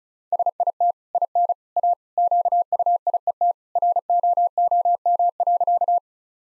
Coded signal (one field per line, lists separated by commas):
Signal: Morse code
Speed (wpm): 34 wpm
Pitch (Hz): 700 Hz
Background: none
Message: SIT IN A QUIET ROOM.